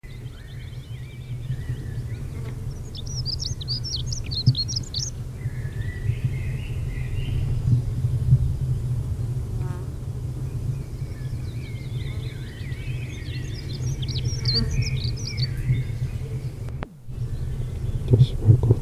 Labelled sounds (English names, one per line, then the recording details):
Dunnock song
Common Blackbird
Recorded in the wild
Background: Culex spec., Turdus merula
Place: Feldberg - Koldenhof, Mecklenburgische Seenplatte, Mecklenburg, DE
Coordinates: 53.3294, 13.3136
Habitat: mixed forest
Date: 1976-06-27 18:39
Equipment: Uher CR 210, Sennheiser MD 421 HL, Verstärker, Reflektor, Kopie Uher 4200
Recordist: Tembrock, Günter
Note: Mischwald bei Koldenhof (Warsberge). Gesang